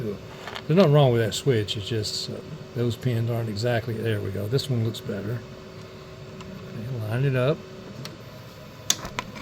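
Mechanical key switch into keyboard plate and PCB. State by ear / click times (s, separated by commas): seated / 8.9 s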